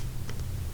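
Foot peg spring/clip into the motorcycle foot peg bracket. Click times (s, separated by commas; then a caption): 0.3 s. A metal spring clip on a motorcycle foot peg (a Z900) is squeezed with pliers and pushed down into the foot peg bracket. It gives a short, sharp click at 0.3 s over a steady low hum, with a fainter tick around 0.4 s. The spring clicks into place and is seated, done this way because it is easier than hammering or forcing it.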